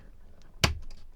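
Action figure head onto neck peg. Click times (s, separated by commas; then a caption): 0.6 s. A swappable plastic head is pushed back onto the neck peg of a Hasbro G.I. Joe Classified Series B.A.T. (2021) action figure. A faint tick comes at 0.4 s, then the head seats with one loud, sharp snap at 0.6 s, followed by a few quiet ticks.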